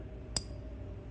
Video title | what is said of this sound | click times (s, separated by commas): M4 22 Extractor Uninstall and Reinstall | which if you heard that click, | 0.4 s